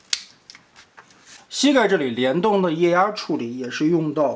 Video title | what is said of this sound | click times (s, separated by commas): 冭趣055 D南昌舰玄螭逆变玩具开箱 | 後跟這裡通過雙段關節把它撇過來，這裡的扣子插上。 | 0.1 s